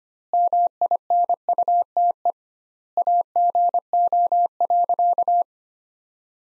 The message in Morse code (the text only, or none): MINUTE AGO.